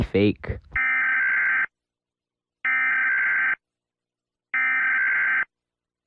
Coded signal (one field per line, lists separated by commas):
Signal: Emergency Alert System (SAME) tones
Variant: header bursts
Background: speech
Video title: Rating EAS alarms